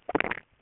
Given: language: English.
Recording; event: throat vibration sensor signal played as sound; swallow